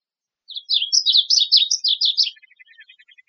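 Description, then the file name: Varied bunting song: a rapid, warbled phrase of sweet slurred notes lasting about two seconds, trailing into a series of soft, evenly spaced chips. Arizona, 6 August 2007. "VABU 8 Deviche"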